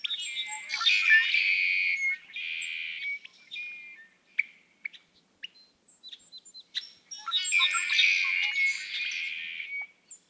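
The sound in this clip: Red-winged blackbird singing a buzzy, rasping trill after sharp introductory clicks; one long song opens, a shorter one follows, and another long song comes near the end.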